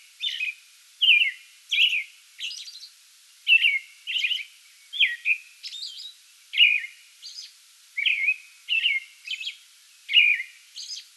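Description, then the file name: American robin delivering a continuous string of clear whistled caroling phrases, mixed with higher thin squeaky notes. Pre-dawn song bout, recorded 8 May 2022. "2022-05-08 American Robin pre-dawn song bout"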